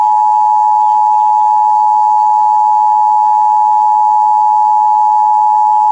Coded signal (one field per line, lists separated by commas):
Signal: Emergency Alert System (SAME) tones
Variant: 853 and 960 Hz attention tone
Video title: Pennsylvania Required Monthly Tests (2/17/22)(EAS 1098-1106)